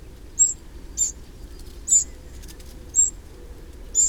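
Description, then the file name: Eurasian wren giving sharp, high ticking call notes, five spaced clicks roughly once a second over a low steady background hum. "Troglodytes troglodytes"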